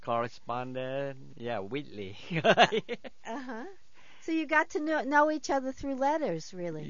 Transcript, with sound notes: Corresponded, yeah, weekly. ( he laughs )
Uh-huh. So you got to know each other through letters, really.